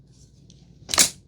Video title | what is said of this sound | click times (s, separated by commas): Roborock F25 Ace Wet/Dry Vacuum Review — App Control, Self-Cleaning & Real Stain Test | So line it up, and you should hear it click. | 0.9 s